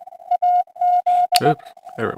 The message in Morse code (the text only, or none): AZ